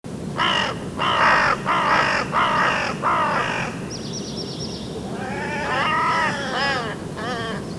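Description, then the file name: Carrion crow giving a series of five harsh cawing calls, then a short high whine and a second bout of rougher, more broken caws over steady background rumble. "Corvus corone"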